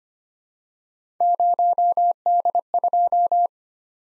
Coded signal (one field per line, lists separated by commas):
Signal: Morse code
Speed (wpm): 25 wpm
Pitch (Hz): 700 Hz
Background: none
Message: 0D2